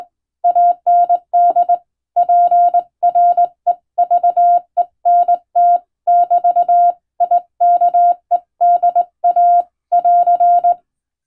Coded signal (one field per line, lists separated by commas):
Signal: Morse code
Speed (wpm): 20 wpm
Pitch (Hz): 700 Hz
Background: none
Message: AND PREVENT<BT>IKEDA<AR>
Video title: 【無線通信士が手打ちで打つ懐かしいモールス符号】昭和はラジオでよく聞こえました。船と陸とを繋ぐ唯一の通信手段でした。アマチュア無線の受信トレーニングにどうぞ morse code practice